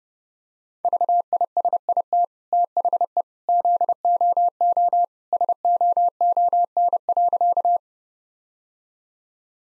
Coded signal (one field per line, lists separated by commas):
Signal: Morse code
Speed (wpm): 32 wpm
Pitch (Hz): 700 Hz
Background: none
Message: VISIT THE ZOO SOON.